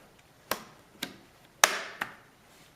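A card is run along the edges of a netbook's plastic palm rest bezel, prying its clips out of the base with a series of sharp plastic snaps. The loudest snap comes at 1.6 s, with smaller ones around 0.5, 1.0 and 2.0 s, and the bezel clips pop free.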